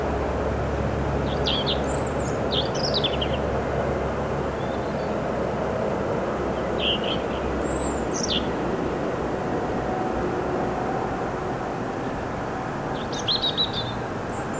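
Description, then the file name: European robin singing thin, high warbled phrases in short bursts spaced a few seconds apart, over a steady low rumble of noise. "Erithacus rubecula"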